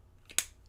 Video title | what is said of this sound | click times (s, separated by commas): New Galen Leather Cases & New Sheaffer Legacy! LIVE! | Clicky. I like clicky. | 0.4 s